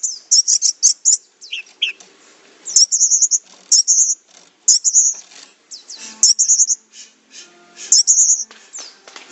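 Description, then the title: Orange-headed thrush song with high, buzzy trilled bursts repeated about once a second, mixed with short chirps and a few lower notes. "Anis Merah"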